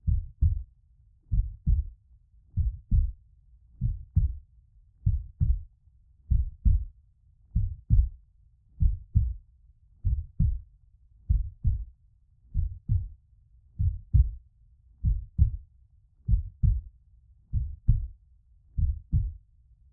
Heart Beat. Very Calm Rhythm Blood Flows In The Veins.